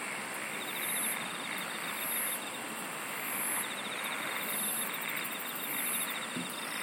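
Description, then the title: Dense insect chorus with high buzzy bursts pulsing about every second and an intermittent rapid trill of ticks underneath. "SINGING OF INSECTS"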